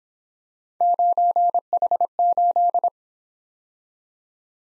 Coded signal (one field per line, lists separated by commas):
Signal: Morse code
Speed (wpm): 25 wpm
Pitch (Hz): 700 Hz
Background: none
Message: 9H8